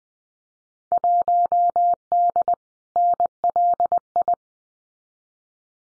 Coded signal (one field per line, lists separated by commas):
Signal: Morse code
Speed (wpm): 20 wpm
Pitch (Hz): 700 Hz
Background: none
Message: 1D NLI